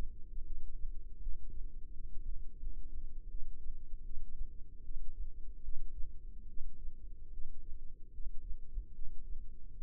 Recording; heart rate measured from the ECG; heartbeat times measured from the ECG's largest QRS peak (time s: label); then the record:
heart sounds by microphone in the left ear; 77 bpm
0.43 s: heartbeat
1.20 s: heartbeat
1.92 s: heartbeat
2.58 s: heartbeat
3.28 s: heartbeat
4.03 s: heartbeat
4.82 s: heartbeat
5.62 s: heartbeat
6.46 s: heartbeat
7.30 s: heartbeat
8.11 s: heartbeat
8.92 s: heartbeat
9.74 s: heartbeat
From the record:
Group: healthy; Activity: rest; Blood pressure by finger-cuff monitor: 102/62 mmHg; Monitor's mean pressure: 75 mmHg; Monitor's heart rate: 75 bpm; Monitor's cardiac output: 6.6 L/min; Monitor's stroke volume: 86 mL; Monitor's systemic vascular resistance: 830 dyn s/cm5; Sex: female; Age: 19 years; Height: 163 cm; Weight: 48.9 kg